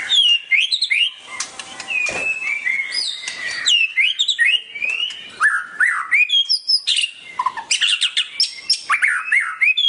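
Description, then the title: Oriental magpie-robin song, dense and loud, with rapid clicks, sweeping whistles and chattering phrases flowing without break. "Kicau Kacer"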